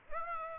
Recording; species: mosquito wingbeat signal from an infrared sensor; Aedes aegypti